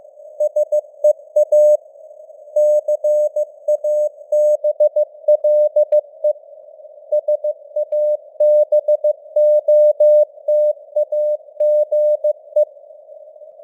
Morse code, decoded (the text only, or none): SEA CABLE SABOTAGE